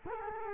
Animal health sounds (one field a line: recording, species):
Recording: mosquito wingbeat signal from an infrared sensor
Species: Culex quinquefasciatus